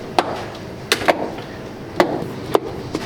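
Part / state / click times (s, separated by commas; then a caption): door panel trim clips into car door / seated / 0.2 s, 0.9 s, 2.0 s, 2.5 s. Retaining clips on a new door card for a 1973 VW Beetle are lined up with the holes in the car door and pushed home one after another. Sharp thwacks at 0.2, 0.9, 2.0 and 2.5 seconds mark each clip snapping in, with a fainter knock near 3.0 seconds over low background noise. The door panel ends up snapped in place.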